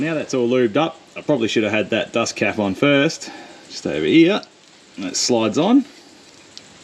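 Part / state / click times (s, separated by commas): rubber dust cap onto brake caliper slide pin / seated / 6.6 s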